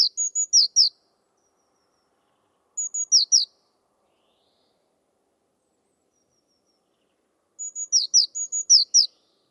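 Bird calling in high bursts of a level whistle followed by falling, slurred chirps. The bursts are spaced irregularly, and the background is quiet.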